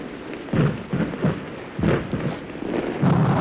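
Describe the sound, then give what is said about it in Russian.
A series of deep, rumbling explosion blasts from artillery shells in a battle, about six booming bursts in quick irregular succession, each swelling and fading into a continuous low roar with no voices. “Взрывной волной сдувает табак.”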